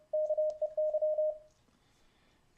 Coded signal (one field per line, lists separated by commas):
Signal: Morse code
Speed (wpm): 31 wpm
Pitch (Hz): 620 Hz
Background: none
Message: KEY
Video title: W5UXH Keyer 2014